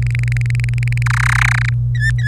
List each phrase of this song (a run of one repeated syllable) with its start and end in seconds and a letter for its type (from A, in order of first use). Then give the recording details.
0.03-1.02 A, 1.06-1.69 B, 2.00-2.27 C. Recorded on 25 April 2018 at 16:07. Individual llb3